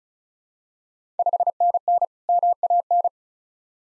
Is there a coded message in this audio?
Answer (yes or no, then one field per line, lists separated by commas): yes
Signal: Morse code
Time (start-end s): 1.2-3.1 s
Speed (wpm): 36 wpm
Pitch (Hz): 700 Hz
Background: none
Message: 5NN MAN